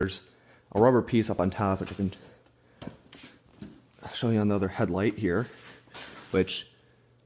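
Someone talks while handling a plastic headlight assembly on a 2006–2010 Ford Explorer, which is being pushed back into the car body so its locating pin goes into the hole. Only a few faint handling sounds are heard, around 2.8 and 3.1 seconds. The clip ends before the part goes home, so nothing has seated or clicked yet.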